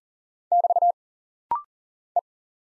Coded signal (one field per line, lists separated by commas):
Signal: Morse code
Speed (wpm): 40 wpm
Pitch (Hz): 700 Hz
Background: none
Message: <BT> E